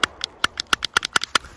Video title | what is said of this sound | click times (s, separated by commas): Glock 48 MOS Holosun 507K Shield Arms S15 mags | It doesn't really stick out enough, so sometimes it's binding up and making it difficult to get a mag out, and you can kind of hear it popping. | 0.0 s, 0.4 s, 0.7 s, 1.0 s, 1.2 s, 1.4 s